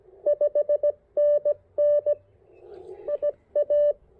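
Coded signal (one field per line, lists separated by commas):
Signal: Morse code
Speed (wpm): 18 wpm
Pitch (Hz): 600 Hz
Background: none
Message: 5NN IA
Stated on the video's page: QRP CW POTA park activation with an Icom IC-705 into a Chameleon Tactical Delta Loop antenna on 10, 12, 15, 17 and 20 meters.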